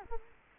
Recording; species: mosquito wingbeat signal from an infrared sensor; Culex quinquefasciatus